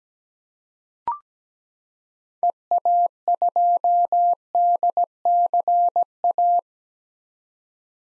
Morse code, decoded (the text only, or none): EA2DCA